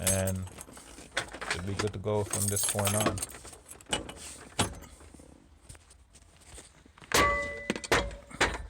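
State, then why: Not seated. After replacing the oil pressure sensor on a Chevy/GMC 2500 or 3500 cargo van to fix an oil pressure gauge that fluctuates erratically or sticks at zero, the engine cover or sensor connector is handled while someone talks. Jangling, rattling handling noise is broken by sharp knocks around 1.2, 3.9, 4.6, 7.1, 7.7 and 8.4 seconds. Nothing has seated or clicked into place yet.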